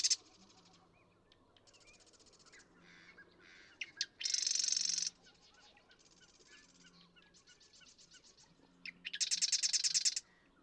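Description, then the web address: Marsh Wren singing dry, buzzy rattling trills in loud bursts about five seconds apart, with softer chatter and trilling between them. "birdsongforthecurious Marsh Wren"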